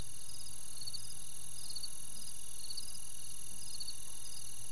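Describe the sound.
Cricket chirping in short pulsed bursts, repeated over a steady high insect trill.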